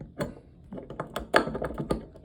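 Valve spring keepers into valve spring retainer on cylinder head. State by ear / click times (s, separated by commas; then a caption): partly seated / 1.4 s. A spring-loaded valve keeper tool is pushed down onto the valve spring retainer of a GY6/QMB139 scooter cylinder head to set the tapered valve spring keepers. Several sharp taps and clicks are heard, with the loudest click at 1.4 s. The tool clicks, but the keeper is not fully seated.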